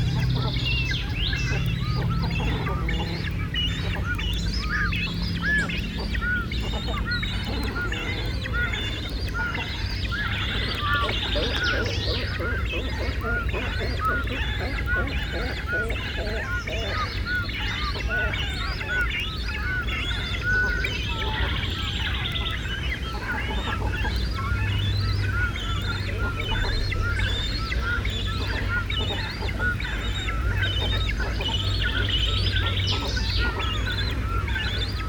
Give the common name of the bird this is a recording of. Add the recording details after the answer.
Great Cormorant. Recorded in the wild. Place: Niederhof, Insel Rügen, Mecklenburg-Vorpommern, DE. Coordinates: 54.255, 13.193. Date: 1970-06-05. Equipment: Nagra III BH, Sennheiser MD 21, parabola. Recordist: Schubert, Michael